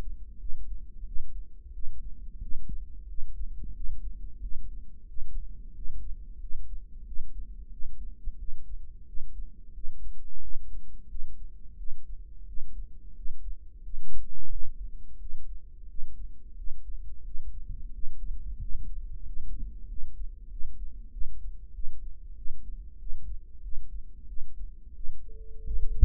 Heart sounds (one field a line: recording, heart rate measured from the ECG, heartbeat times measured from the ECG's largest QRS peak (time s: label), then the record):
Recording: heart sounds by microphone in the right ear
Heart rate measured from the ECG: 90 bpm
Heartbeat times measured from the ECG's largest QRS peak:
0.40 s: heartbeat
1.07 s: heartbeat
1.74 s: heartbeat
2.42 s: heartbeat
3.09 s: heartbeat
3.75 s: heartbeat
4.42 s: heartbeat
5.09 s: heartbeat
5.76 s: heartbeat
6.42 s: heartbeat
7.07 s: heartbeat
7.72 s: heartbeat
8.40 s: heartbeat
9.08 s: heartbeat
9.75 s: heartbeat
10.42 s: heartbeat
11.10 s: heartbeat
11.78 s: heartbeat
12.48 s: heartbeat
13.17 s: heartbeat
13.84 s: heartbeat
14.52 s: heartbeat
15.21 s: heartbeat
15.90 s: heartbeat
16.58 s: heartbeat
17.26 s: heartbeat
17.94 s: heartbeat
18.62 s: heartbeat
19.27 s: heartbeat
19.90 s: heartbeat
20.52 s: heartbeat
21.13 s: heartbeat
21.75 s: heartbeat
22.37 s: heartbeat
23.00 s: heartbeat
23.64 s: heartbeat
24.29 s: heartbeat
24.96 s: heartbeat
25.64 s: heartbeat
From the record:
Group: healthy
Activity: rest 0-24 s, light exercise 24-26 s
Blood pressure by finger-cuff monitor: 153/95 mmHg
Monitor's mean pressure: 114 mmHg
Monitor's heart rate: 90 bpm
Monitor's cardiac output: 7.2 L/min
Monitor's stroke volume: 79 mL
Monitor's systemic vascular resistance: 1190 dyn s/cm5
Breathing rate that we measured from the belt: 18 breaths a minute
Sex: male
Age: 21 years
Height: 175 cm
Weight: 72.6 kg